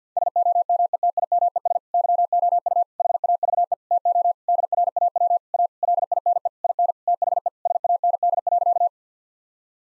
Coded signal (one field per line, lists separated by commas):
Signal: Morse code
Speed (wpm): 50 wpm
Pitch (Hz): 700 Hz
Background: none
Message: SOMETIMES YOU HAVE TO DRAW A LINE IN THE SAND.